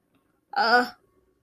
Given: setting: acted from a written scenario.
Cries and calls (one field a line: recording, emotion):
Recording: vocal sound without words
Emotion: embarrassment